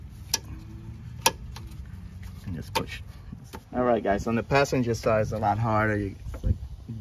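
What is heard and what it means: On a Nissan Altima, during headlight bulb replacement, a plastic push clip is placed in the hole of the engine bay cover or trim panel and pushed home. Two sharp snaps are heard at about 0.3 and 1.3 seconds, followed by fainter taps, and then someone talks. The clip is seated.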